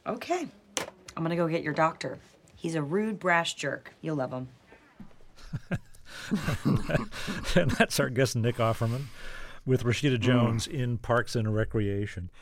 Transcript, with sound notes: I'm going to go get your doctor. He's a rude, brash jerk. You'll love him.
(LAUGHTER)
That's our guest, Nick Offerman, with Rashida Jones in "Parks And Recreation."